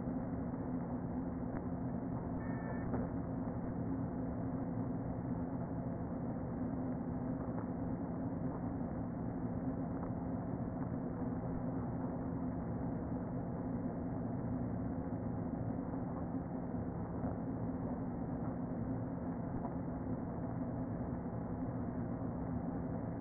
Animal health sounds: honeybee colony, microphone inside the hive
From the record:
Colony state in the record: queen present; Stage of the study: before two queens were removed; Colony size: about 60,000 bees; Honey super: yes

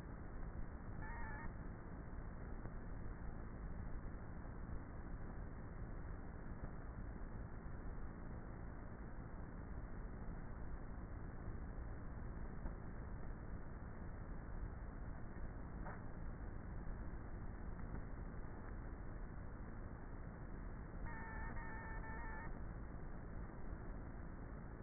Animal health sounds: honeybee colony, microphone inside the hive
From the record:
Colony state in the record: queenless with a low population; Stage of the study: before two queens were removed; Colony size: about 30,000 bees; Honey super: no

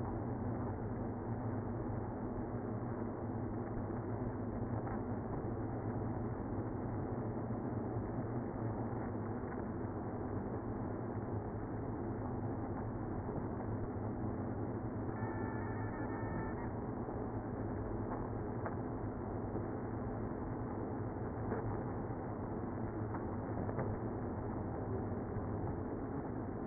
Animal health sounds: honeybee colony, microphone inside the hive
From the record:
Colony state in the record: queenless (queen removed); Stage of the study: after two queens were removed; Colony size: about 60,000 bees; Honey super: yes

